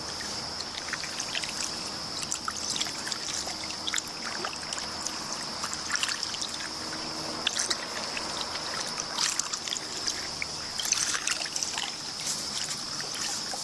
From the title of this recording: Kayak, Bird Chirping, Water Splash, Nature Sounds